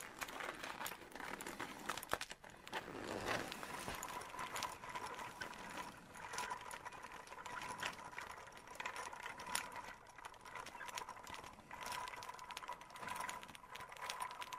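A leather coat creaks and rustles in a dense, fast stream of tiny clicks and crackles, like a ratchet turning. A thin steady whine hums underneath, and a fuller, softer rustling swell rises briefly around three to four seconds.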